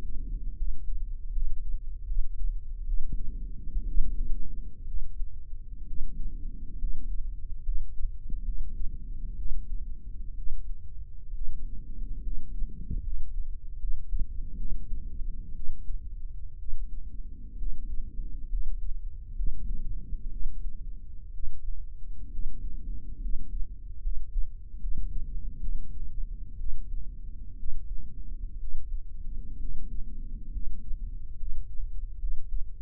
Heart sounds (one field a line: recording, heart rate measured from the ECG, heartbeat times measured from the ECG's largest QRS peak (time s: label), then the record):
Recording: heart sounds by microphone in the right ear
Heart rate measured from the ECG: 66 bpm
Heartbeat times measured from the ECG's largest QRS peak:
0.55 s: heartbeat
1.31 s: heartbeat
2.05 s: heartbeat
2.84 s: heartbeat
3.84 s: heartbeat
4.85 s: heartbeat
5.85 s: heartbeat
6.77 s: heartbeat
7.62 s: heartbeat
8.43 s: heartbeat
9.35 s: heartbeat
10.35 s: heartbeat
11.31 s: heartbeat
12.21 s: heartbeat
13.01 s: heartbeat
13.78 s: heartbeat
14.55 s: heartbeat
15.53 s: heartbeat
16.56 s: heartbeat
17.56 s: heartbeat
18.48 s: heartbeat
19.34 s: heartbeat
20.29 s: heartbeat
21.31 s: heartbeat
22.29 s: heartbeat
23.19 s: heartbeat
24.00 s: heartbeat
24.78 s: heartbeat
25.58 s: heartbeat
26.57 s: heartbeat
27.56 s: heartbeat
28.58 s: heartbeat
29.58 s: heartbeat
30.50 s: heartbeat
31.36 s: heartbeat
32.17 s: heartbeat
From the record:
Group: healthy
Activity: rest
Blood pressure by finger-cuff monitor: 133/76 mmHg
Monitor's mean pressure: 91 mmHg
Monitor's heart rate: 64 bpm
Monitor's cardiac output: 7.3 L/min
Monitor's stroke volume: 113 mL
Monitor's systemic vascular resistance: 940 dyn s/cm5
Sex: male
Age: 23 years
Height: 178 cm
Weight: 96.6 kg